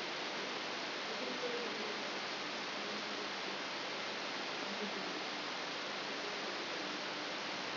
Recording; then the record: brain microelectrode recording played as sound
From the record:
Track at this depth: inside the subthalamic nucleus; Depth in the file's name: 4.102 mm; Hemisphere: left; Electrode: 3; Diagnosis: Parkinson's disease